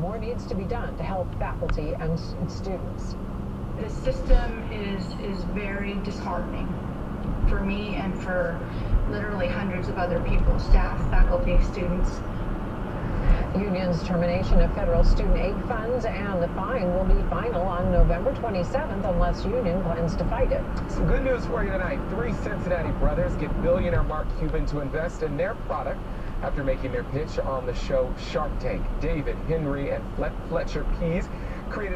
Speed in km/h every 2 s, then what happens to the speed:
26, 34, 42, 50, 56, 61, 64, 64, 63, 64, 63, 63, 63, 63, 63, 63.
0-12 speeds up to 64. 12-32 steady at about 63.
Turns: none.